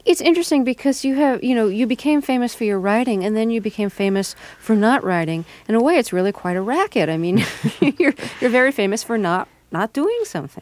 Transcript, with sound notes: It's interesting, because you have -- you know, you became famous for your writing, and then you became famous for not writing. In a way, it's really quite a racket. I mean, (laughs) you're very famous for not doing something.